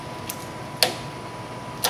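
A disconnect tool is pushed into the fuel line quick-connect coupling on a Dodge Dakota pickup truck until it clicks firmly at 0.8 s, then the line is pulled free and releases. Fainter ticks are heard at about 0.3 s and 1.9 s against a steady low hum.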